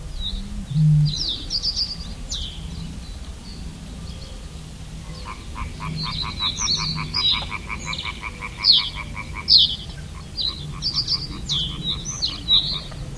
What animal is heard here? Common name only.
Reed Bunting